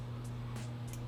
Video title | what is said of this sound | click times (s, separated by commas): Project Odin -- Full Odin/Loki Installation -- Step by Step for 2018+ F150 | now we're going to take our factory plug plug that into our jumper make sure you hear the click | 0.9 s